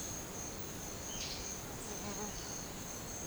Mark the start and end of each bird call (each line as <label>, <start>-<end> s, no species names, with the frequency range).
bird call (1.8-6.0 kHz), 1.00-1.44 s